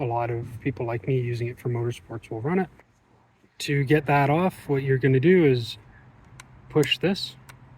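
Someone talks while handling the plastic visor release or pivot mechanism on a budget motorsport helmet, pressing on it, with a couple of faint brief ticks near the end. The mechanism has not yet snapped into place; nothing has seated or clicked yet.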